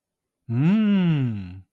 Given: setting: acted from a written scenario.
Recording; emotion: vocal sound without words; interest